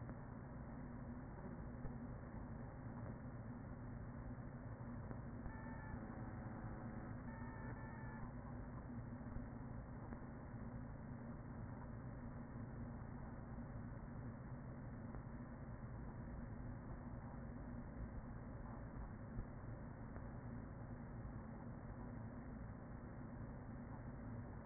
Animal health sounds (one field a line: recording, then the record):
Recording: honeybee colony, microphone inside the hive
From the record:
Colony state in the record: queen present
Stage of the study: after two queens were removed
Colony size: about 40,000 bees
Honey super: no